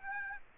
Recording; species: mosquito wingbeat signal from an infrared sensor; Aedes aegypti